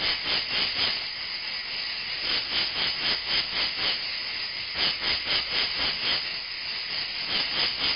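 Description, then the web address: Insect sound made of rapid, scratchy pulses, about four each second, rising and falling slightly in strength over a continuous hissing drone. "animali insetti insetti insect"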